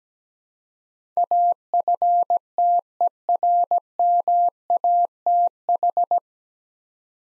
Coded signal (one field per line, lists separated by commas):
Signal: Morse code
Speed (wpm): 17 wpm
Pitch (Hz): 700 Hz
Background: none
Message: AFTERMATH